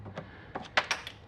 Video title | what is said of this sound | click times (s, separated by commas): How to replace air filter, VVT solenoid, and other maintenance on a Chevy Colorado | then you just plug it right back on the top make sure it clicks | 0.8 s